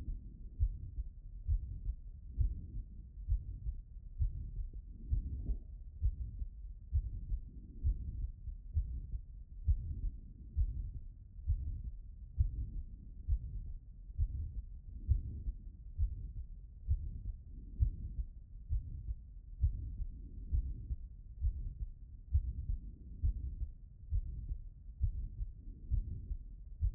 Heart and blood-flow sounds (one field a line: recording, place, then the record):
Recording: heart sounds by stethoscope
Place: pulmonary valve (PV)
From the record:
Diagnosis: non-HFrEF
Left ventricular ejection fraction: 71%